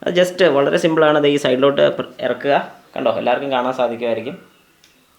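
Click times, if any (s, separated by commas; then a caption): 4.8 s. A Sony 32 GB microSD memory card is slid into the side card slot of a GoPro Hero 9 action camera and pressed until it latches. Someone talks until about 4.4 s, then after a brief quiet a short, faint click is heard at 4.8 s as the card seats in the slot.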